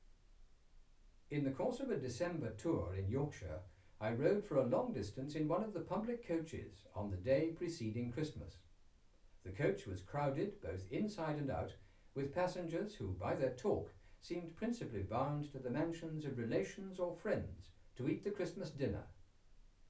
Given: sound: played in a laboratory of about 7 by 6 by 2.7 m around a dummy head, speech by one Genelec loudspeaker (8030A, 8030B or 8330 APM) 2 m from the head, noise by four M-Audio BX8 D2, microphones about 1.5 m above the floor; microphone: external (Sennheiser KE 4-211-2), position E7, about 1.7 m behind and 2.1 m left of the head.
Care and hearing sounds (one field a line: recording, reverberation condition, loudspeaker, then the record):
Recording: male speech in English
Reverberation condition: low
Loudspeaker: 30 degrees to the left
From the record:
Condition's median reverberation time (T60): about 310 ms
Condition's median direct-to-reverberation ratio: about 3.5 dB